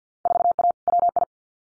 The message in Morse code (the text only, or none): 4A WI